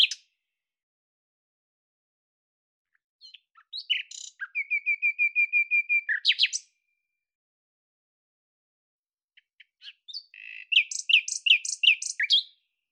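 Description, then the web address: Bird song in two bursts separated by silence: first a long, even string of rapid repeated notes, later a busy flurry of high, varied chirps. "Deverinetal 2025"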